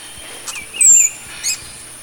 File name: Allen T. Chartier - Violet-bellied Hummingbird (Damophila julie)